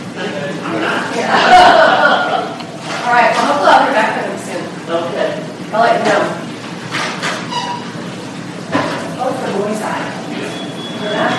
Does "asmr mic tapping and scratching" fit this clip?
no